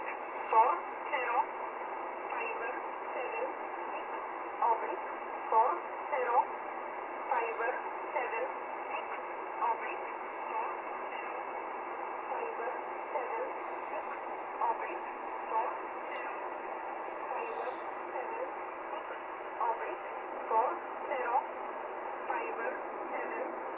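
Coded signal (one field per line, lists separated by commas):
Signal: numbers station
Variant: E11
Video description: Polish Intelligence transmitting a message to an agent in the field.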